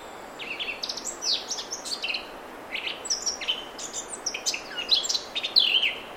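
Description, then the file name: Eurasian blackcap singing a busy, scratchy warble of quick high notes in several bursts, ending in clearer, louder whistled phrases. "Sylvia atricapilla"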